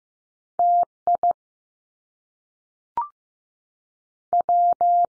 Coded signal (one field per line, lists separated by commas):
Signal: Morse code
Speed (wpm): 15 wpm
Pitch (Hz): 700 Hz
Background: none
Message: T I W